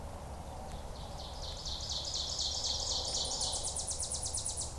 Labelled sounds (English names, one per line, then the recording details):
Ovenbird song
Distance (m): 35 m
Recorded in boreal forest in Alberta, Canada, on 26 May 2016 at 08:14
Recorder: SongMeter 3, array SBT-3-15
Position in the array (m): 54 m, 223 m
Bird 20